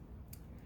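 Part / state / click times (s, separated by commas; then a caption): folding shovel blade locking into the handle joint / seated / 0.3 s. A folding shovel head is set to one of its two positions, digging or holding, and locked into the handle joint with the collar. A single short, sharp click is heard at 0.3 s over a low background hum. The shovel head seats and locks firmly in position.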